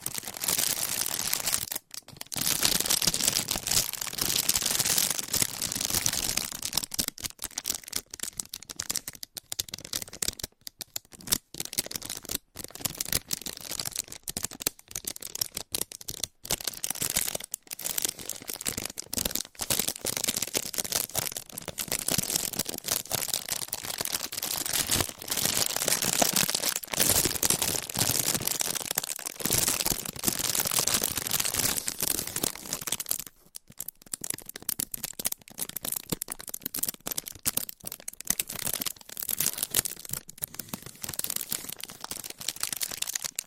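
Textured candles are scratched and tapped in a dense, continuous crackling rustle, broken by brief pauses near 2, 11, 16 and 34 seconds.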